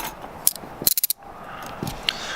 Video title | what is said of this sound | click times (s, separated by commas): Handcuff Comparison | and you hear a little click, and then you turn it the other way and the cuffs come open. | 0.5 s, 0.9 s